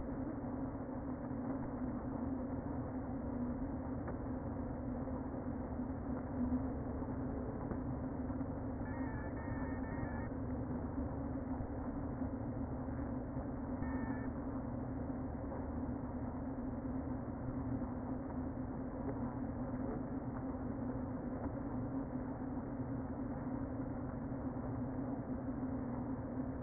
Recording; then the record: honeybee colony, microphone inside the hive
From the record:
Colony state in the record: queen present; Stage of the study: before two queens were removed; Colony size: about 60,000 bees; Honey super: yes